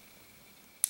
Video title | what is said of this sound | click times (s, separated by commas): Электробритва Philips ремонт головки | Посмотрите, как он разбирается. Вот так, щелчок, | 0.8 s